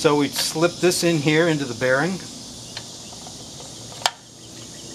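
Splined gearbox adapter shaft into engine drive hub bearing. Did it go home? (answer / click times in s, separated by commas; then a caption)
yes / 4.1 s. A metal splined gearbox adapter shaft for a Yamaha RX1 and APEX gearbox adapter for a Rotax C, made by Mohawk Aero Corp., is slipped into the engine drive hub bearing and its splines are lined up with the drum and hub. Someone talks over a steady background hiss, then a faint tick comes at 2.8 s. A single sharp hit at 4.1 s marks the shaft popping in and seating in perfect alignment.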